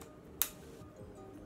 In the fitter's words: nice click now